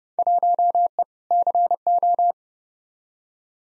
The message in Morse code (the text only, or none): 1E CO